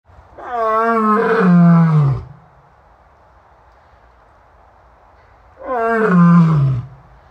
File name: Lion Roar